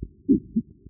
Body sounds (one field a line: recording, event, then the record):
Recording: neck accelerometer signal played as sound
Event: voluntary cough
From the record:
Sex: female